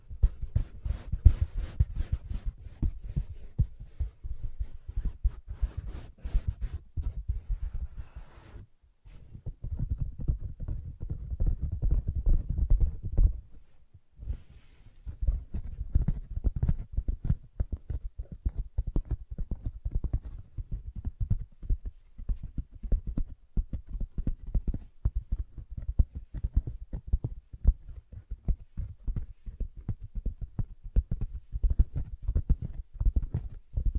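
Fingers tap and scratch on a soft fabric surface in quick, dense bursts of muffled, low thuds. Early on, brighter scratchy strokes add a hiss; a brief pause comes near nine seconds and again around fourteen, then steady irregular tapping resumes to the end.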